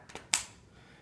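An iPad tablet edge is pressed into the hinge groove of the original, older-generation Logitech Ultrathin Keyboard Cover. Two faint taps come at about 0.1 and 0.2 seconds, then a sharp, bright snap at 0.3 seconds, which quickly fades. The tablet locks securely into the groove with a reassuring snap that the newer model does not give.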